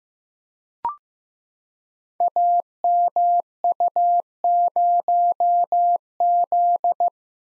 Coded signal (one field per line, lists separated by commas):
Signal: Morse code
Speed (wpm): 15 wpm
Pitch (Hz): 700 Hz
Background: none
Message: AMU0Z